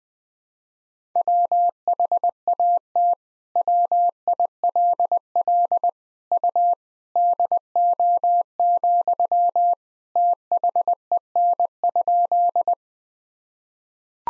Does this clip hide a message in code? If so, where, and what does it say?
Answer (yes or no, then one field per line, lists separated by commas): yes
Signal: Morse code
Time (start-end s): 1.2-12.7 s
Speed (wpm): 20 wpm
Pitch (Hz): 700 Hz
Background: none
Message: WHAT WILL U DO, THEN?